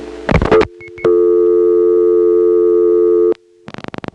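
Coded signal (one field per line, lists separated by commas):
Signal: telephone call progress tone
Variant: North America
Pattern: dial tone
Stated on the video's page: Step-by-step and ESS telephone switching recording from Smyrna GA, 1977.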